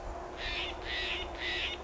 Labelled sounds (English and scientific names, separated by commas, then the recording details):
California Quail (Callipepla californica)
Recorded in Sonoma County, California